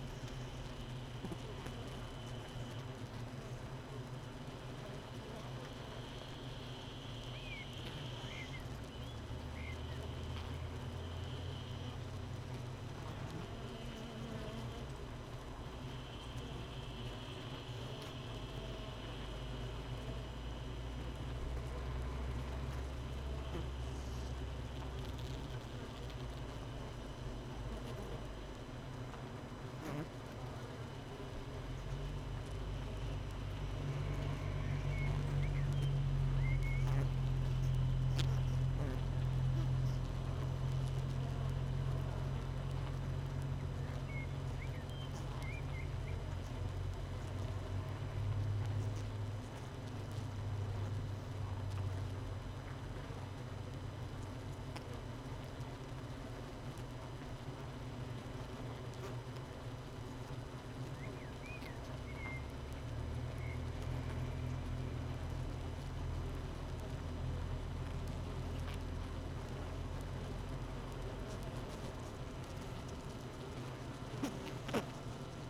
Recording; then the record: honeybee colony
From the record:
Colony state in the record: missing queen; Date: 31 May 2018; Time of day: 7:33